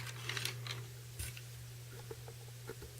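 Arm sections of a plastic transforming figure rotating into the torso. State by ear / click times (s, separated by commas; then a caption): not seated / none. The arm sections of a plastic G2 Megatron transforming robot toy are rotated down into position in the torso, producing a quick cluster of light plastic taps around 0.3 to 0.7 seconds and a softer tap near 1.4 seconds over a steady low hum. The part only slots in a bit and does not lock into place, and no locking click is heard.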